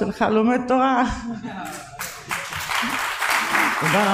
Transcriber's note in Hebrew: מחיאות כפים